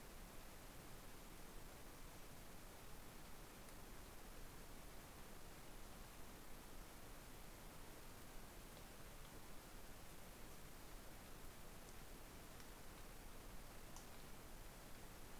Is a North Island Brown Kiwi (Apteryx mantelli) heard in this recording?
no